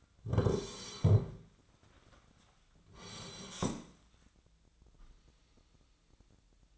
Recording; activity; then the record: daily activity, microphone in the room; sit down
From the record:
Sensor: 3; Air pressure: 1009.2 hPa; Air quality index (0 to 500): 183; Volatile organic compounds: 3 ppm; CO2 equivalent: 1480 ppm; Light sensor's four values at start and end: 37/95/42/44 and 50/130/57/58